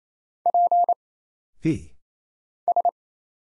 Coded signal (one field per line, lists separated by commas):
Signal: Morse code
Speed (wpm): 27 wpm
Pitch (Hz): 700 Hz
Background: none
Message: P S